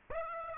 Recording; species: mosquito wingbeat signal from an infrared sensor; Aedes aegypti